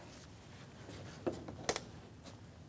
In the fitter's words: and you're going to push it in to hear it click.